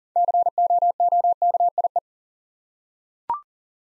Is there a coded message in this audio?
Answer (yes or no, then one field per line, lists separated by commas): yes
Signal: Morse code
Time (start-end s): 0.2-2.0 s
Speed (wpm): 39 wpm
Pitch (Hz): 700 Hz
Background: none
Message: COOKIE